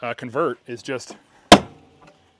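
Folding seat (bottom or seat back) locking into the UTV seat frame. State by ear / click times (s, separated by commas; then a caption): seated / 1.5 s. A person talks, then a folding rear seat on a 2024 Honda Pioneer 1000-5P Trail UTV is lifted and snaps back into the seat frame with one sharp, loud hit at 1.5 s. A faint rattle follows. The convertible seat is seated and locked in place.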